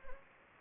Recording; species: mosquito wingbeat signal from an infrared sensor; Anopheles gambiae